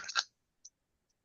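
A handgun is pushed into a hybrid holster with a leather backing and a molded polymer shell, producing a brief broadband scrape and a sharp snap at 0.2 s, followed by a faint high click at 0.7 s. The pistol snaps in and is seated in the shell so it won't jump out.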